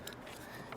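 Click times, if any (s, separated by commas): 0.1 s, 0.7 s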